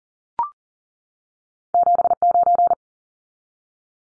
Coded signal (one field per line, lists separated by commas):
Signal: Morse code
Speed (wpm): 40 wpm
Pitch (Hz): 700 Hz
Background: none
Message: 79